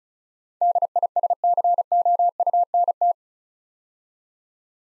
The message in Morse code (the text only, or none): DISCOUNT